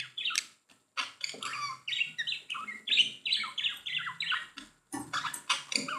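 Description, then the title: Budgerigar warbling: a busy run of quick chirps and squeaky notes with short gaps, chattering throughout. "Budgie Sounds"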